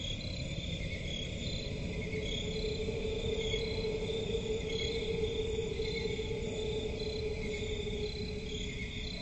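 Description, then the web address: Crickets chirping in steady high, layered trills that run unbroken throughout, over a constant low rumble and a faint mid-pitched drone. Crickets in a forest at night, presented as relaxing ambience. "Forest and crickets at night. صدای-آرامبخش-جنگل-و-جیرجیرک"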